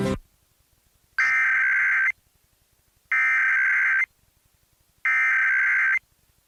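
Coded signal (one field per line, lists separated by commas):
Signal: Emergency Alert System (SAME) tones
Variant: header bursts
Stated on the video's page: National Periodic Test relayed on AM/FM radio and TV.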